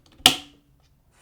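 A torque screwdriver preset to 4 Nm tightens the right-side screw holding the burr assembly of a KafaTek Monolith SDRM coffee grinder. After a couple of faint taps, one sharp, bright click at 0.3 s marks the set torque being reached, and it rings out and fades over about a quarter second. The screw is confirmed tightened to 4 Nm.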